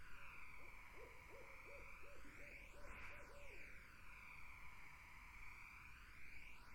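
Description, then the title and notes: Barred owl calling in a rhythmic chain of low hoots for about three seconds, then quiet, against a continuous whooshing, phasing noise bed. Barred owls in a summer wetland. "Barred Owls in a Summer Wetland. The Wild Life"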